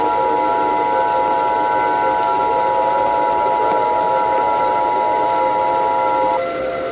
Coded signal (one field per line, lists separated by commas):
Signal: Emergency Alert System (SAME) tones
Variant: 853 and 960 Hz attention tone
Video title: Eas scenario: lobotomy god